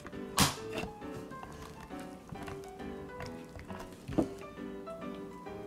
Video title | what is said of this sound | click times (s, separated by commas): Janessa Learns And Play With Disney Frozen 2 Coding Kit by Kano | the top pace push it into the bottom case until it clicks to | 0.4 s